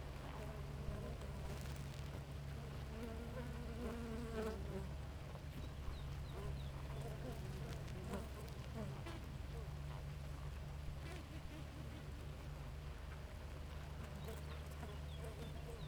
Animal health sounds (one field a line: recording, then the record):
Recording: honeybee colony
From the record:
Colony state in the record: active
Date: 28 July 2017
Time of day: 4:25